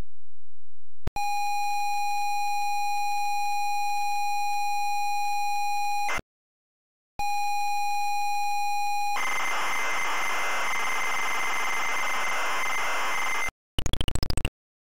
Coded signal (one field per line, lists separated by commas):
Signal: ZX Spectrum tape loading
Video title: Angry Birds on the ZX Spectrum!!! 2013 (loading game)